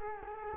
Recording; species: mosquito wingbeat signal from an infrared sensor; Culex quinquefasciatus